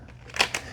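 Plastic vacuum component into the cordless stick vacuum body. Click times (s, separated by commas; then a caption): 0.4 s. A plastic part of a Dyson V12 Detect Slim cordless stick vacuum is slid underneath into the open area of the vacuum body. After a few faint ticks, it snaps into place with a sharp click at 0.4 s. A second, softer click follows at 0.6 s.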